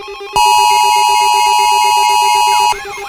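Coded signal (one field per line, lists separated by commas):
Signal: Emergency Alert System (SAME) tones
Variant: 853 and 960 Hz attention tone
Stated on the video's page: Fictional EAS scenario with SAME tones.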